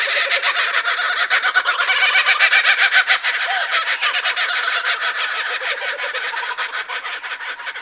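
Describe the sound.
Kookaburra laughing call, a raucous, rapid string of harsh repeated notes running continuously.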